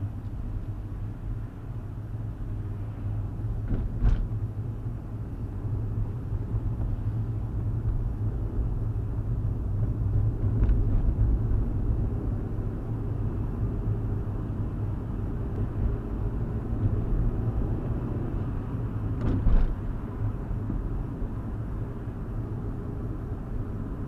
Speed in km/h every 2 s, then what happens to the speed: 27, 27, 29, 29, 31, 34, 39, 39, 42, 40, 39, 42.
0-9 steady at about 29. 9-16 speeds up to 42. 16-24 steady at about 40.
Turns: none.